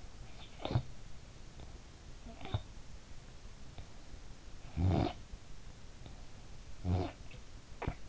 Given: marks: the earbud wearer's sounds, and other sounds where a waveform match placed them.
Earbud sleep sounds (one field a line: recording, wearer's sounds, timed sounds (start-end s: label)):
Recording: sounds in sleep by an in-ear microphone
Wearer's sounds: snoring breath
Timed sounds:
0.34-0.97 s: snoring breath
2.18-2.82 s: snoring breath
4.29-5.44 s: snoring breath
6.68-8.09 s: snoring breath